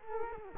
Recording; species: mosquito wingbeat signal from an infrared sensor; Culex quinquefasciatus